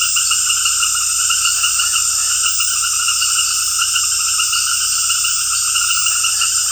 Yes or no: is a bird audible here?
no